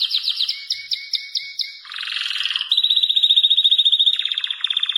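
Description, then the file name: German crested canary song: a long run of rapid trills and rattles, shifting between strands every second or two, from clipped repeated notes to a fast buzzy roll. "canto do canario topete alemao"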